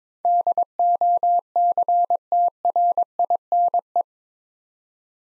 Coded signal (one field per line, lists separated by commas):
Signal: Morse code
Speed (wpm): 22 wpm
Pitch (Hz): 700 Hz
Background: none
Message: DOCTRINE